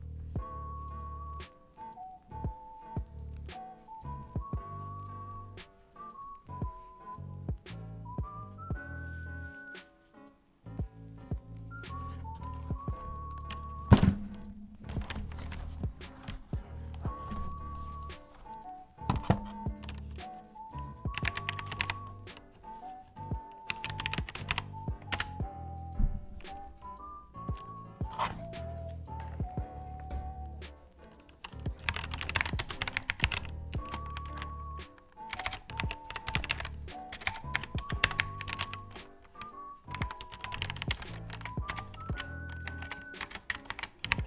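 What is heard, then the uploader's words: Keyboard typing clatters in quick, uneven bursts throughout, over a soft background tune of stepping high notes and a low steady hum. Keyboard sounds of me doing my homework. Keyboard from battletron, black switch + rgb. Mic : fifine k669b. You can hear me in front of my computer either doing my homework or playing.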